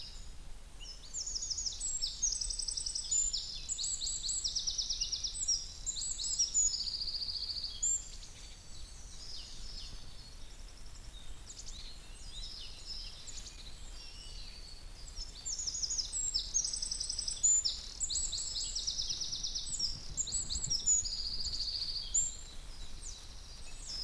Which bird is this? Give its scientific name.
Troglodytes troglodytes